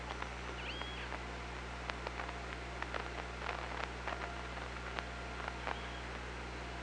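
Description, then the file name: Orca call underwater: a brief bending tonal call at the start, then trains of sharp echolocation clicks over a steady low hum. Recorded on the OrcaLab hydrophone, 24 August 2017, 18:34. "Orca Lab UTLN JASON 20170824 183404"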